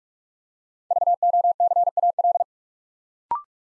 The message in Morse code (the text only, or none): VOCAL